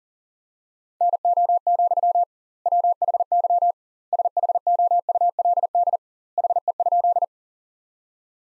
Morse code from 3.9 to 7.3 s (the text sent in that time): SHOULD HE?